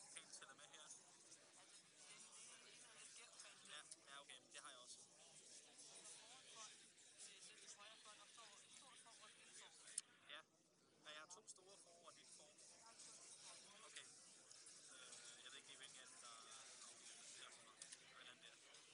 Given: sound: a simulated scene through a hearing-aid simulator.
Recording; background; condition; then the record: conversation; cafeteria; -4 dB SNR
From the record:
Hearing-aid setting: III (slow-acting compression, loudness normalization, advanced features for about 2.5 dB of SNR improvement); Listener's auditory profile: A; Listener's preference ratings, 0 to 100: 82, 29, 29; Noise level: 65 dB SPL